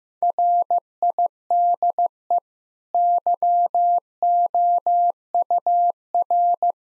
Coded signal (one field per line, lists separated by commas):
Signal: Morse code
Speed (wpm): 16 wpm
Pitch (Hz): 700 Hz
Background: none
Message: RIDE YOUR